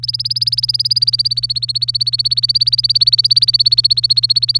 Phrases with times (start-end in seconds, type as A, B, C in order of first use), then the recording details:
0.03-4.58 A. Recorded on 24 April 2018 at 07:10. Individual llb3